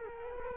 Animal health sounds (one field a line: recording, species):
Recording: mosquito wingbeat signal from an infrared sensor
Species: Culex quinquefasciatus